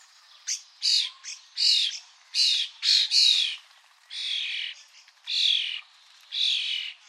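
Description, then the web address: Bird giving a series of harsh, squawky calls with downslurred tones, in short buzzy bursts at uneven intervals. "Deverinetal 2025. Bird Only"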